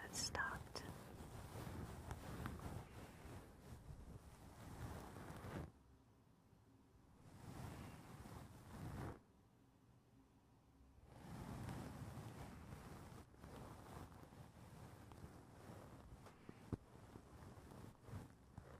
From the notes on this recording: tapping on the roof of your foam house